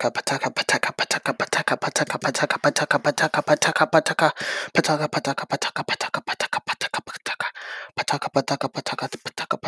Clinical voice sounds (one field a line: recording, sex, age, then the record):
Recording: repeated syllables /pa ta ka/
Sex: male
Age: 20 to 29 years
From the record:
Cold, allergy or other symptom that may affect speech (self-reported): no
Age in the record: 20 years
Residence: Rhode Island, United States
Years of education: 13